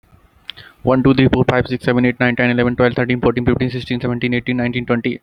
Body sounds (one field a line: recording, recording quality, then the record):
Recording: counting at a fast pace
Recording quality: moderate, slight background noise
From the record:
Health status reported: healthy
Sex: male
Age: 22 years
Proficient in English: yes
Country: India